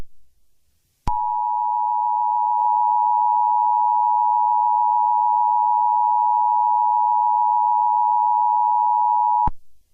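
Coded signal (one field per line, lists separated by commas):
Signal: Emergency Alert System (SAME) tones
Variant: 853 and 960 Hz attention tone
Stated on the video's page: Fictional emergency alert scenario, not a real warning.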